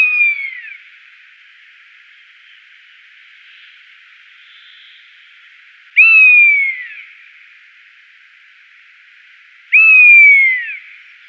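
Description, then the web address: Rough-legged buzzard giving three downslurred mewing whistles, several seconds apart, over a faint constant hiss. "Schulze Peter Rough-legged Buzzard"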